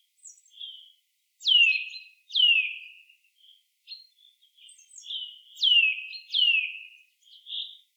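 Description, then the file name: Eurasian nuthatch calls: sharp downward-sweeping notes falling from high pitch, given in pairs twice, with softer short chirps between; no other sounds. "Sitta europaea"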